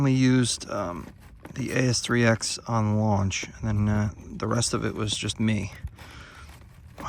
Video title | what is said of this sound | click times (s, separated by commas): More flights with the Stealth [Redacted] for [Redacted] | Why is that not latching in there? | none